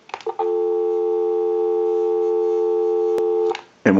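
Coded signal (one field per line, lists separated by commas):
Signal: telephone call progress tone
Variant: North America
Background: speech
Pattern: dial tone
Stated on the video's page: Heard on an Automatic Electric 3 slot payphone during its initial checkout and repair conversion.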